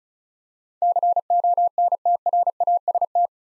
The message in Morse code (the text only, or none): CONTRAST